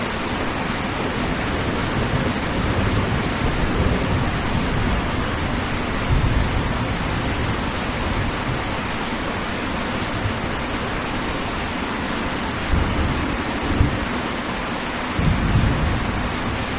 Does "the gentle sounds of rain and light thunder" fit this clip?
yes